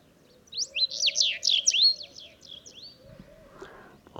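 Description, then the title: Sahara bunting singing a rapid jumble of sweet slurred whistles, then fainter notes and a soft thump at the end. Several Sahara buntings singing unseen among heaps of stones in the ruins of old Wadan, Mauritania, just after sunrise on 23 February 2019; made with Tlp7 and Mixpre3. "Bruant du Sahara - Mauritanie"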